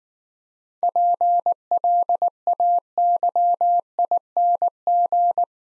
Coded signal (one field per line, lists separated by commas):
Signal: Morse code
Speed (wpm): 19 wpm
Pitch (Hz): 700 Hz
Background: none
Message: PLAYING